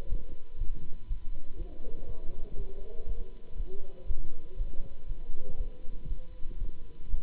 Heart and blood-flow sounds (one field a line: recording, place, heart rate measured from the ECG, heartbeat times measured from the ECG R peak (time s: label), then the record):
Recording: heart sounds by stethoscope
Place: between the tricuspid and mitral areas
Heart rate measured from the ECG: 120 bpm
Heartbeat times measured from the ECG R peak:
0.08 s: heartbeat
0.57 s: heartbeat
1.06 s: heartbeat
1.56 s: heartbeat
2.05 s: heartbeat
2.55 s: heartbeat
3.05 s: heartbeat
3.55 s: heartbeat
4.05 s: heartbeat
4.55 s: heartbeat
5.05 s: heartbeat
5.56 s: heartbeat
6.06 s: heartbeat
6.57 s: heartbeat
7.08 s: heartbeat
From the record:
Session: Bruce protocol treadmill stress test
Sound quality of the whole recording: good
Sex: male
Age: 26 years